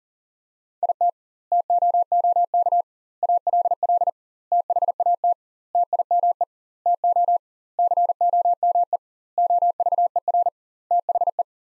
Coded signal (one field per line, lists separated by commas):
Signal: Morse code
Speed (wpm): 37 wpm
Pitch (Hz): 700 Hz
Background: none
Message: IT TOOK ALL THAT TIME TO COME OVER THE